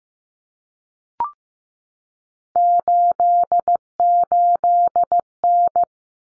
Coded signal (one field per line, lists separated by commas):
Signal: Morse code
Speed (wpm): 15 wpm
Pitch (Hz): 700 Hz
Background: none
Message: 88N